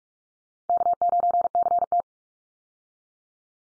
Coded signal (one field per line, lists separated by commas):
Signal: Morse code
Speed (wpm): 45 wpm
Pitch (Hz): 700 Hz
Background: none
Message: K9CT